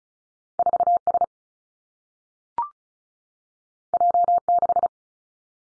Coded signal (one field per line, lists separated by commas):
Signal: Morse code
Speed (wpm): 36 wpm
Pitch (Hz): 700 Hz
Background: none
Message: 4 S J 6